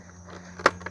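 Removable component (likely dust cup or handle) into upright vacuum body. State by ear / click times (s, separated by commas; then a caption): seated / 0.7 s. A removable component, likely the dust cup or handle, is pushed into the body of a late-1990s Eureka WhirlWind 5190 bagless self-propelled upright vacuum after it first felt not fully inserted. Over a steady low hum, a faint knock comes just before a sharp plastic click at 0.7 s, followed by a smaller tick. The component clicks home and is seated.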